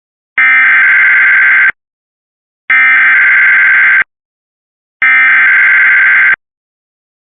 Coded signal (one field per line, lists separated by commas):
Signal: Emergency Alert System (SAME) tones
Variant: header bursts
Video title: Severe Thunderstorm Warning EAS (Cox) 5/1/25 (Credit to WXRchive)